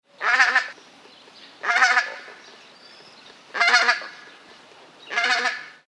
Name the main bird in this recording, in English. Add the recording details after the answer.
Pink-footed Goose. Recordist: Tembrock, Günter. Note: Rufe